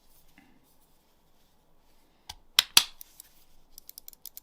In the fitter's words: that just snapped right in